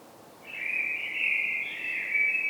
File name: Turdus merula